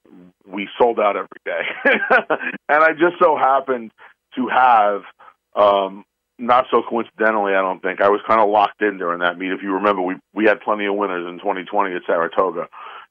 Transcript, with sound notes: We sold out every day. (laughs) And I just so happened to have, um, not so coincidentally, I don't think, I was kind of locked in during that meet. If you remember, we, we had plenty of winners in 2020 at Saratoga.